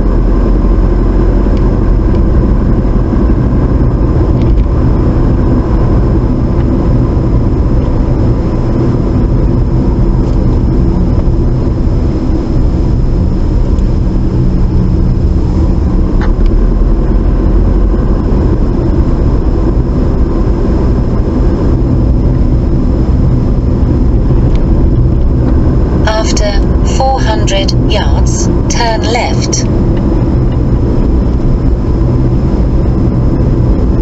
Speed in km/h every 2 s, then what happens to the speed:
50, 52, 52, 47, 40, 34, 29, 29, 37, 39, 40, 39, 42, 45, 45, 42, 44.
4-13 slows to 29. 13-17 speeds up to 39. 17-34 steady at about 42.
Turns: none.